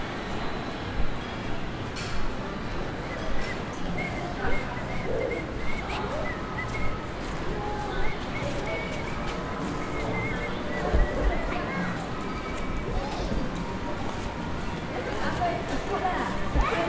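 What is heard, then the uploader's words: Busy crowd noise fills Nishiki Market in Kyoto, with many overlapping voices talking at once in a steady, dense murmur. Brief clacks and knocks pop up every second or two, and a few higher voices and short bright tones rise above the chatter. Nishiki Market (錦市場), Kyoto, Japan.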